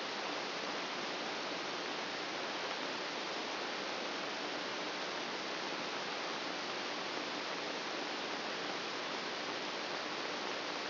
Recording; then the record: brain microelectrode recording played as sound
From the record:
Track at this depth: outside the subthalamic nucleus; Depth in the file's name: 2.076 mm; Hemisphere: left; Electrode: 3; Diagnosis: Parkinson's disease